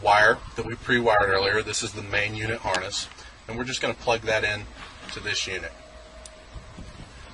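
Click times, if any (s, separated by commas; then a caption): 6.3 s. A man talks as the pre-wired main wiring harness plug is pushed into the socket of a car GPS tracker unit. A single sharp click sounds at 6.3 s, and the connector seats firmly for a good connection.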